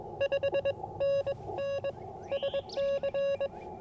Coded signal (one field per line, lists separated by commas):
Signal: Morse code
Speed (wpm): 22 wpm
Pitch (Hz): 560 Hz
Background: none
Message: 5NN SC